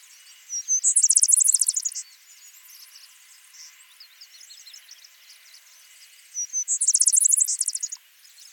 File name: Pooecetes gramineus - Vesper Sparrow